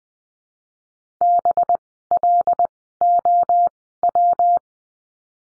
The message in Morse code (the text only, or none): BLOW